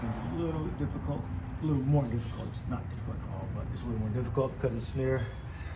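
A plastic ignition coil electrical connector is being worked onto the coil in a tight spot near the wiring harness while someone talks over a low, steady background hum. No sharp hit is heard, and the connector has not seated or clicked yet.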